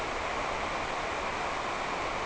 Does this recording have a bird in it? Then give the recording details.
no. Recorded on Arctic tundra, site NAIT-1, on 28 June 2018. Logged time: 11:00